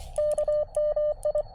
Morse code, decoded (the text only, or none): KMI